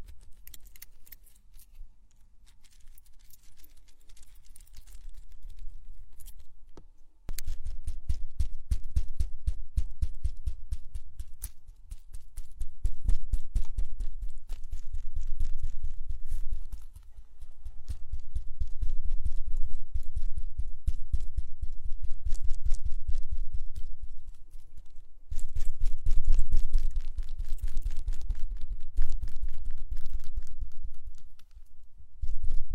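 Plants are rubbed in circles around the ears, making a dense crackling rustle with a deep rumbling undertone. It starts quiet and sparse, then from about seven seconds comes in heavy, busy waves that swell and ease every few seconds until the end.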